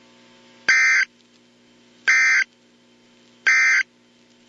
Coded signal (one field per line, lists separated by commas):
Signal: Emergency Alert System (SAME) tones